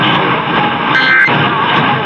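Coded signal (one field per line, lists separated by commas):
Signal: Emergency Alert System (SAME) tones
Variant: end-of-message bursts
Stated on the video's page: Iowa Required Monthly Test received on KXEL.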